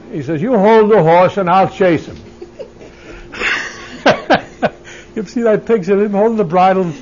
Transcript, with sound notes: He says, "You hold the horse and I'll chase him." ( they laugh ) Can you see that picture, him holding the bridle?